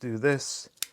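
Someone talks while folding a vintage plastic transforming toy robot into spaceship mode, and a brief sharp handling tick is heard near 0.8 s. The plastic toy part has not yet locked into the transformed spaceship body; nothing has seated or clicked yet.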